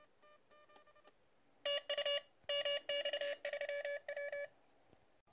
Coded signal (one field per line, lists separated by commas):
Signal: Morse code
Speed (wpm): 30 wpm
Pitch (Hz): 570 Hz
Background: none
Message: TU MX3W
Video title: Playing with the QCX+ in the TRC DX Contest on 04.October 2020